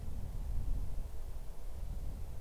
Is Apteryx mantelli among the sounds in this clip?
no